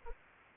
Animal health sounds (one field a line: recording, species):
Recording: mosquito wingbeat signal from an infrared sensor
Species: Anopheles arabiensis